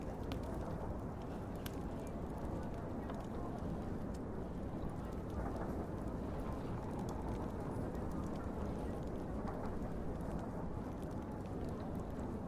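A steady, dense low rumble of a passing train fills the whole stretch, heavy in the bass with a constant rattling texture. Brief crackles and ticks flicker through the upper range now and then, and indistinct voices murmur faintly underneath.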